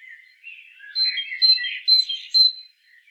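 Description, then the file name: Great tit calls: soft buzzy chatter around the middle register, then a short run of clear, high, sharp notes repeated about twice a second. "Parus major"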